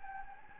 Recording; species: mosquito wingbeat signal from an infrared sensor; Anopheles gambiae